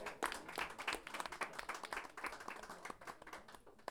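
An audience applauds with dense, steady clapping that carries on without a break for several seconds, many hands striking at once in a bright, crackling wash of sound.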